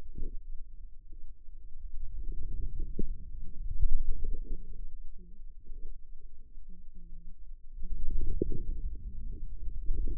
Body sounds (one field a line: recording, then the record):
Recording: forearm muscle sounds (acoustic myography)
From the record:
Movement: wrist extension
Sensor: system 2, bracelet of six BSWA MPA416 microphones around the upper forearm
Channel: 6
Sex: female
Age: 25 years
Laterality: right